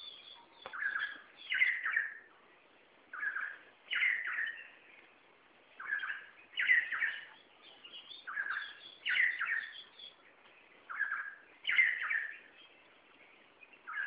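Red spurfowl giving a series of harsh, cackling two-part phrases, repeated in a steady rhythm.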